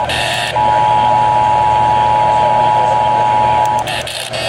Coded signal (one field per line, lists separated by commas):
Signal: Emergency Alert System (SAME) tones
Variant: 853 and 960 Hz attention tone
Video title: PURE MAYHEM 3.... | EAS Alerts from 6/26/24 | EAS#694-755